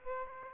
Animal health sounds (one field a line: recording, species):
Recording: mosquito wingbeat signal from an infrared sensor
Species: Aedes aegypti